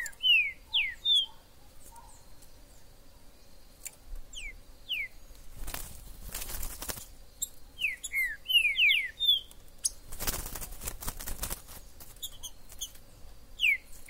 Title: Esse É PERFEITO Para ESQUENTAR Seu TRINCA Piando, Cantando E Macheando Na DISPUTA. Esse VÍDEO de TRINCA FERRO no MATO vai DEIXAR seu TRINCA LOUCO!! Trinca ferro MAJOR no MATO!!